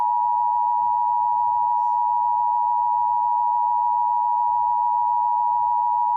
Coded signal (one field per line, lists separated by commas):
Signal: Emergency Alert System (SAME) tones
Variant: 853 and 960 Hz attention tone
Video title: Eas special marine warning in Hawaii Eas#408